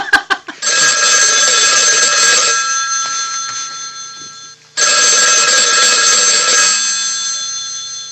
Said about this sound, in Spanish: Qué teléfono medio antiguo que tenemos. Sí, ¿no? Sí. La manija es lo que complica un poco las cosas.